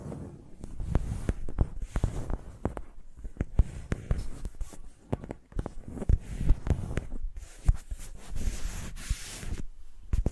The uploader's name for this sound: ASMR Using Mics as Pencils (No Talking)